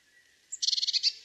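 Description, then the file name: Eurasian blue tit call: one thin high note, then a quick buzzy trill of about eight rapid notes. "Cyanistes caeruleus"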